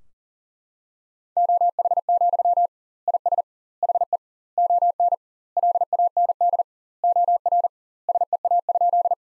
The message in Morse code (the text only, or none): OH, IS HE ON LAND OR SEA?